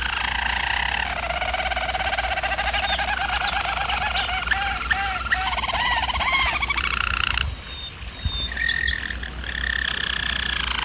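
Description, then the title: German Roller canary song: smooth rolling trills and gurgling looped notes, a quieter break, then thin whistled notes resume over a constant low hum. Canary training recording of German Roller canary song. "German Roller Canary Singing - Canary Training"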